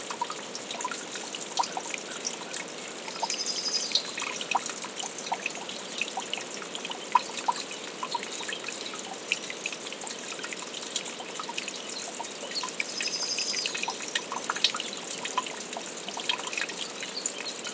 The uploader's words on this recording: Nature & Music - Brookside Meditation.